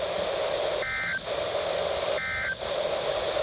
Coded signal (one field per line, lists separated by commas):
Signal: Emergency Alert System (SAME) tones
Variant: end-of-message bursts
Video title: FIRST PSR TEST AND NEW SETUP!- PSR and SGX Required Weekly Tests on November 25th, 2020 (EAS #46/47)